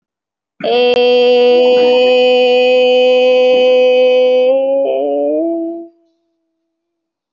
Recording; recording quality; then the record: sustained vowel as in made; excellent, no background noise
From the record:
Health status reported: recovered from COVID-19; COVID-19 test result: positive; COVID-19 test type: RT-PCR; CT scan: taken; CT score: 0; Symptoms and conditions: fatigue, muscle pain, another condition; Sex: female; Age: 25 years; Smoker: no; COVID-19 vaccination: both doses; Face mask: worn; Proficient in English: yes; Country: India